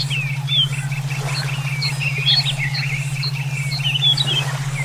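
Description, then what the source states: Songbird song with a fast run of evenly repeated chirped notes, joined by other high chirps, over a steady low drone. Brainwave therapy track made for songbird song training (omkicau).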